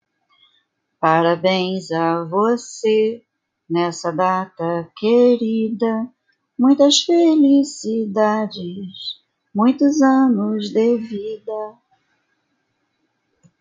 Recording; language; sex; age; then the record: short text; Brazilian Portuguese; female; 50 to 59 years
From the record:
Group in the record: control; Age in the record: 53 years